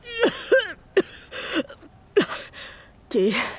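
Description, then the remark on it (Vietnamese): A voice acts out an old woman's heavy, wheezy coughs as she struggles up from lying in a room with earthen walls: about six rough, strained bursts with breathy gasps between them, uneven in rhythm and fairly loud. “đang nằm trong buồng, nghe tiếng gọi cũng cố gượng dậy, nhìn vách đất ho sù sụ, giọng yếu ớt van xin.”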